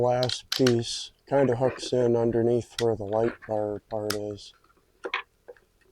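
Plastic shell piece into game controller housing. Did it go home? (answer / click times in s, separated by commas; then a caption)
yes / 5.1 s. Someone talks while the last plastic shell piece of a PS5 DualSense 30th anniversary controller is hooked in under the light bar area and pressed down into the controller housing. Two sharp plastic clicks follow at about 5.1 s and 5.1 s, and the shell piece snaps fully into place, seated.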